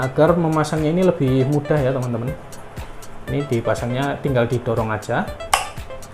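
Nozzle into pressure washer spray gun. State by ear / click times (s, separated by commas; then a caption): seated / 5.5 s. A plastic nozzle is pushed into a pressure washer spray gun while someone talks, with music in the background. A loud, sharp click at 5.5 seconds shows the nozzle has seated.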